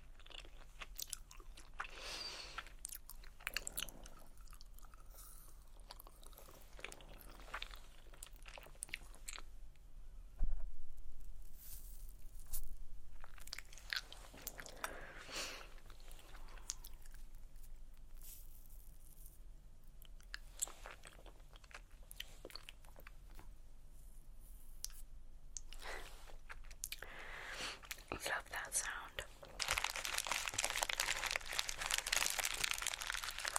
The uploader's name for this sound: Candy Sounds Tapping, Crinkles, Rummaging, Mouth Sounds